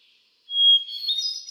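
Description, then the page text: Hermit thrush song: a single high, pure whistled note, then a shimmering run of fluty notes climbing higher. Male bird cycling through a repertoire of about ten different songs; recorded 13 June 2006 at Quabbin Park, Ware, Massachusetts. "Birdsong for the Curious Naturalist. Hermit thrush. A truly gifted and inspiring songster. Can you hear how he cycles through his repertoire of about ten different songs? June 13, 2006. Quabbin Park, Ware, Massachusetts"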